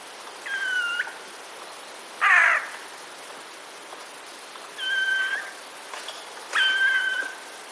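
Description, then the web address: Eurasian jay: one harsh rasping screech, with three flat, level whistled tones of about half a second each before and after it. Alarm calls, recorded 26 September 2021. "wroblowe ostrzegator sojka"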